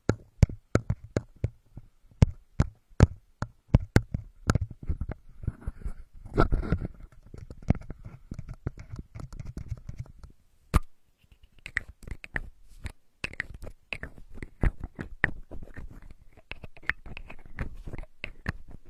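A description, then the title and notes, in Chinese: Various bottle caps being tapped, twisted and handled, making a dense run of sharp clicks and taps. In the first half the taps come quickly with some low rumbling handling noise, and a louder scrape around six seconds. The later part turns to lighter, brighter clicking and crinkling. 多种瓶盖触发音。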